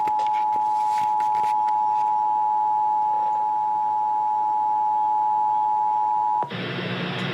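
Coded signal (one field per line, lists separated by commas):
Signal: Emergency Alert System (SAME) tones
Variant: 853 and 960 Hz attention tone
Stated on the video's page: EAS alert tones for a severe thunderstorm warning, received on AM/FM radio.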